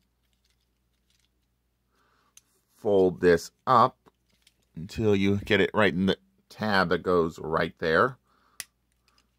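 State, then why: Seated. A plastic panel on a Transformers Prime Beast Hunters Bulkhead transforming robot toy is folded up into its locating tab during transformation while someone talks. A sharp plastic snap at 8.6 s marks the panel seating in the tab.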